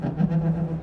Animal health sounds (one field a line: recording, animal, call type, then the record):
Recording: contact call of a hoofed animal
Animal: goat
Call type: low-frequency (closed-mouth) or high-frequency (open-mouth) call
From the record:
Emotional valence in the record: positive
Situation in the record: food anticipation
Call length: 0.83 s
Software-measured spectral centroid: 850 Hz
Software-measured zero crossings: 430 a second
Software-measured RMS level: -24 dBFS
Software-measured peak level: -11 dBFS